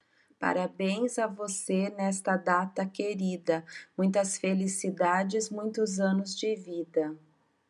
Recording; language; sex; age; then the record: short text; Brazilian Portuguese; female; 40 to 49 years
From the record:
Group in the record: control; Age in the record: 46 years